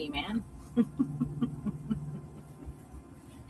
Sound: laughs

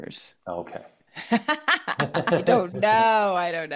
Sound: laughs

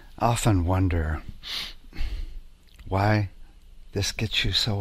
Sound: sniffs

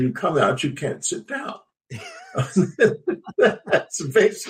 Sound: laughs

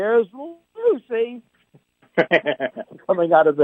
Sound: laughs

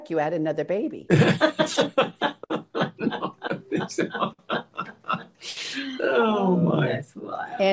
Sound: laughs

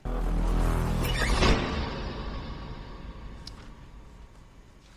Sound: door closing

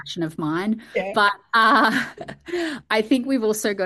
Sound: laughs

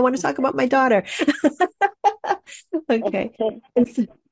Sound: laughs

